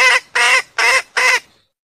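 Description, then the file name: Junglefowl hen uttering four harsh, nasal squawks, evenly spaced, then silence. Female asking to mate. "suara ayam hutan betina minta kawin"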